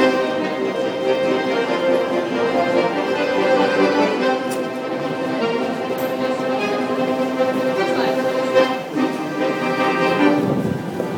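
Two accordions play together at U-Bahn Potsdamer Platz, their sustained reedy chords holding steady at an even loudness throughout. Station noise and footsteps mix in underneath, with a few brief bright clicks and a short dip in the sound near nine seconds.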